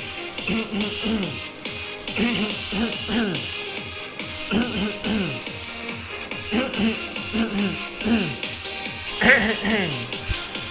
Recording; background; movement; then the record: throat clearing; music; sitting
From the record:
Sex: male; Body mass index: 20.6 kg/m2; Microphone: on the chest, facing the body